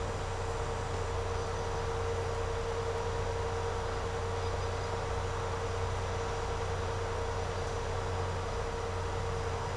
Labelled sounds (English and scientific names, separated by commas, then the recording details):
none
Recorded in secondary vegetation near Puerto Asís, Putumayo, Colombia, on 13 March 2025 at 10:00
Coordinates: 0.468, -76.324
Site G059